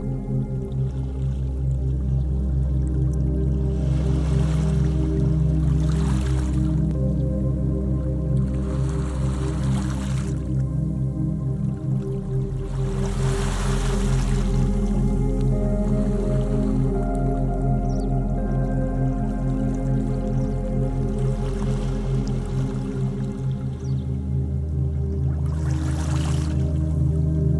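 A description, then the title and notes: Low, steady droning tones hum beneath soft washes of water that swell and fade every few seconds, with faint drips scattered throughout. Binaural Beats Delta Brainwave Music with Healing Water sounds.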